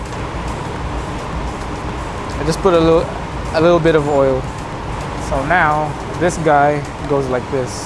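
Someone talks while handling a new oil filter element for a Rolls-Royce Phantom after putting a little oil on its new O-ring, lining it up to push into the plastic oil filter housing cap. Only speech over a steady low background noise is heard; the element has not seated or clicked into the cap yet.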